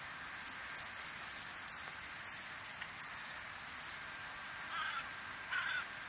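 Bird chirps, a run of short high notes repeated about three a second, loud at first then softening, with two lower buzzy notes near the end.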